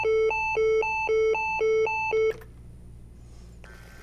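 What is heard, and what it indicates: Five rapid, evenly spaced electronic beeps, about two per second, followed by near silence and a brief further tone. This is an automated external defibrillator's alert tone after it advises a shock and prompts the rescuer to push to shock, before CPR is resumed.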